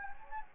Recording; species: mosquito wingbeat signal from an infrared sensor; Anopheles gambiae